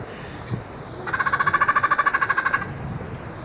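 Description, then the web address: Dusky spinetail giving a quick run of even pulses in a rapid trill. Recorded in Ecuador. "Natures Songs S America Birds of Ecuador. Dusky Spinetail"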